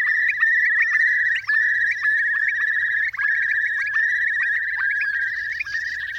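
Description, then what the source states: Eurasian Curlew bubbling song: a loud, continuous rapid trill of quavering notes on one pitch, with short rising whistled notes woven through. Played-back recording.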